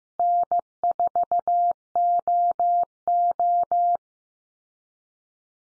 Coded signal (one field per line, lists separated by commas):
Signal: Morse code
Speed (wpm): 15 wpm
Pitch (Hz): 700 Hz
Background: none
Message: N4OO